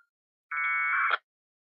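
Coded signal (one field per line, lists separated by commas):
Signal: packet radio (AX.25, as in APRS)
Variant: 1200 baud AFSK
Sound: one short harsh warbling data burst, steady buzzy start then rougher chatter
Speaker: right both sides let's try some frames now on proto frames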